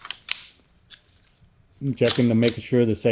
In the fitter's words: Put the mag back in and see it should lock back. The bolt should lock back.